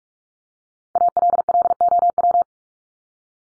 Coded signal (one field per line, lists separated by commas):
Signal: Morse code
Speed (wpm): 44 wpm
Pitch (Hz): 700 Hz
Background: none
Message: ALLOW